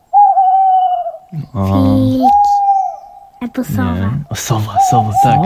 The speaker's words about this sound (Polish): Sowa. Sowy to są królowie nocy, prawda?